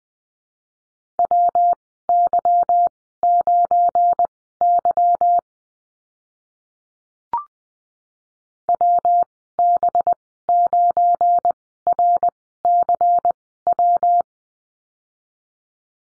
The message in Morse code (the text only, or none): WY9Y WB9RCW